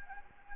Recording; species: mosquito wingbeat signal from an infrared sensor; Anopheles arabiensis